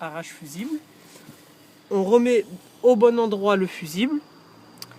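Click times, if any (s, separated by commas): 4.8 s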